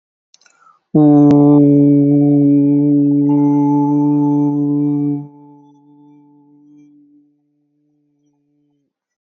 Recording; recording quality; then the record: sustained vowel as in boot; excellent, no background noise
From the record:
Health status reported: healthy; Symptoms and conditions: none ticked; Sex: male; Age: 25 years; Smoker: not ticked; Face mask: not worn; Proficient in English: yes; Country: India